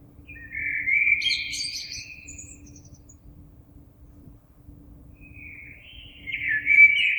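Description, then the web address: Common blackbird singing a short fluted phrase with a scratchy high twitter, then a quiet spell before a loud, rich whistled phrase. Recorded 26 April 2022. "oiseaux Merle 2022 04 26"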